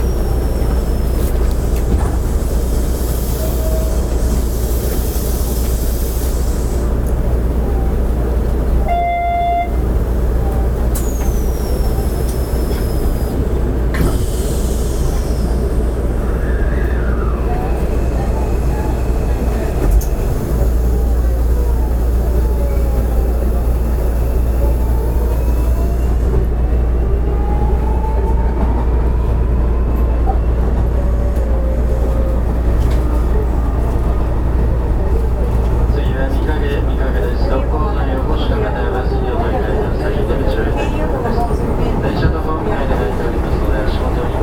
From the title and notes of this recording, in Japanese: 阪神電鉄5700系の走行音です。普通電車にて収録。区間は、神戸三宮から御影までです。